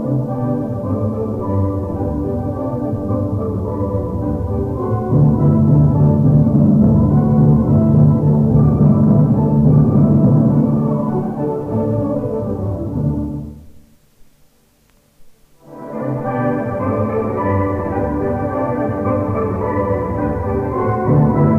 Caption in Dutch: Verdwijnen alle frequenties boven de 1000 trillingen per seconde.